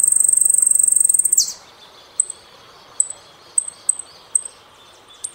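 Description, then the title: Saffron finch giving a rapid, even buzzy trill for over a second that drops at its end, followed by scattered single high pips. "Jilguero Argentino"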